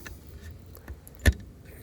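An eight-pin wiring connector, the second of two, is pushed into the socket on the drop sensor board of a Snakky machine. It clicks into place at 1.3 s with a sharp snap, confirmed as nice and in. Faint small clicks and handling noise come before and after.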